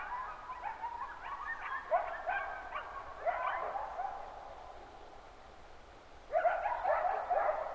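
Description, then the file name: Coyotes yipping and yapping in a group, bursts of high quavering yelps, a quiet pause near five seconds, then the chorus erupts again. Chorus at 05:26 on 23 July 2005, early morning. "050723-0526 coyotechorus"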